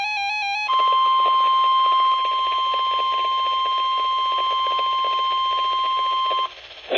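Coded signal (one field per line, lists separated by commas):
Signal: Emergency Alert System (SAME) tones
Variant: 1050 Hz attention tone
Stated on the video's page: Severe thunderstorm warning on NOAA weather radio station WXJ87, Madison, Wisconsin.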